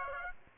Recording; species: mosquito wingbeat signal from an infrared sensor; Aedes aegypti